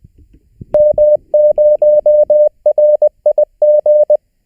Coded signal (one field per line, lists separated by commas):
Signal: Morse code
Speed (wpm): 20 wpm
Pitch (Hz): 600 Hz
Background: none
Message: M0RIG